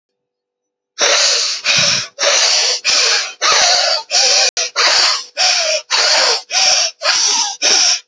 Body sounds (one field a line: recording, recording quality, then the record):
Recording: shallow breathing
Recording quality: excellent, no background noise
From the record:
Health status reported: respiratory illness, not identified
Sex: male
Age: 36 years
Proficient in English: yes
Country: India